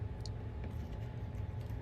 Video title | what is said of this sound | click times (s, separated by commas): TesStudio Auto Open and Close Frunk Installation! | Click and the bottom is done. | 0.3 s